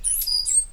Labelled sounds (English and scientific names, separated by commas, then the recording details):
Stitchbird (Notiomystis cincta) song
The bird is a male
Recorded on Tiritiri Matangi Island, New Zealand, in 2005
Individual 8, of nest box 10